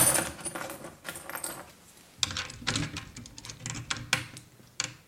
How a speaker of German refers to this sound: Für diese Fälle habe ich immer einen Bund Schlüssel und Dietriche bei mir.